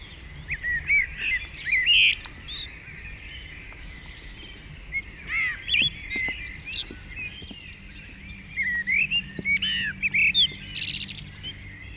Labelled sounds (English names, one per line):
Common Blackbird song